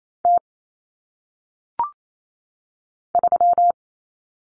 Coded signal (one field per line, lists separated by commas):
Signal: Morse code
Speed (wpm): 28 wpm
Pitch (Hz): 700 Hz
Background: none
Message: T 3